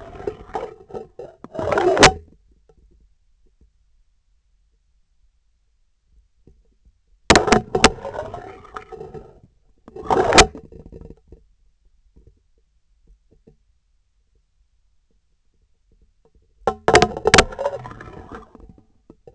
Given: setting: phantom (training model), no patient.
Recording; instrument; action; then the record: laparoscopic instrument, vibration sensor on the handle end; scissors; insertion and removal through the trocar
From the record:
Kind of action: spatial motion